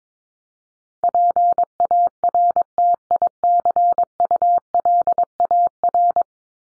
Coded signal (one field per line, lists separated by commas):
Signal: Morse code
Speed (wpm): 22 wpm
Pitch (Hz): 700 Hz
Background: none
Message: PARTICULAR